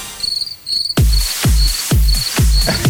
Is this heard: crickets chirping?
yes